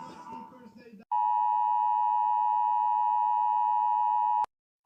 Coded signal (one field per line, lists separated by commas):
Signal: Emergency Alert System (SAME) tones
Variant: 853 and 960 Hz attention tone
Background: speech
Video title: RABID THE MOVIE - A EAS Scenario Movie